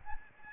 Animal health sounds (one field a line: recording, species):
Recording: mosquito wingbeat signal from an infrared sensor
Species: Aedes albopictus